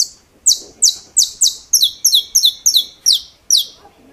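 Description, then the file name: Saffron finch song: a fast series of sharp, high descending chirps, some doubled, repeated about three per second with brief gaps. "Canto-do-Canário-da-Terra"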